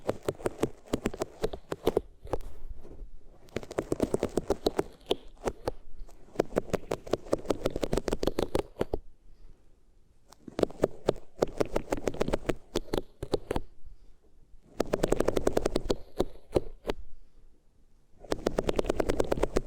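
Ears being rubbed against different materials, heard as dense, crackly scratching made of rapid tiny clicks and rustles. The rubbing comes in bouts of a few seconds each, separated by brief near-silent pauses, with some passages rougher and louder than others.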